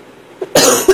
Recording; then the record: coughing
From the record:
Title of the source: 34 coughing up crap again